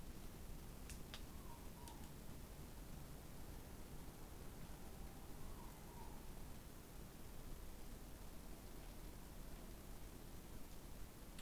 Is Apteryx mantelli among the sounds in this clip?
no